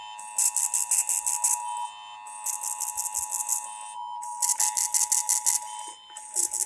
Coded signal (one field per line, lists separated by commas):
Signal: Emergency Alert System (SAME) tones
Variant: 853 and 960 Hz attention tone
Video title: NEW TV SETUP/CA TSUNAMI DRILL 2023! EAS Tests from March 2023